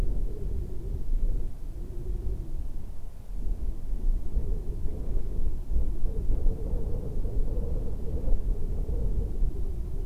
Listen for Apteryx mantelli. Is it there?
no